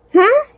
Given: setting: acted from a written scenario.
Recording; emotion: vocal sound without words; positive surprise